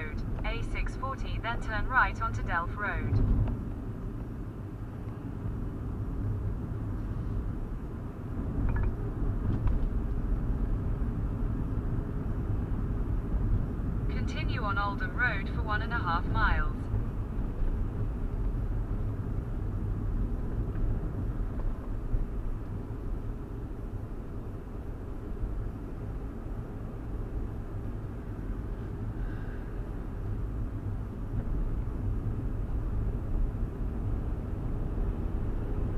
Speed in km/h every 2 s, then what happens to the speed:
42, 39, 39, 42, 45, 47, 47, 45, 45, 44, 44, 42, 44, 44, 44, 42, 42, 44.
4-9 speeds up to 47. 9-32 steady at about 44.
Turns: none.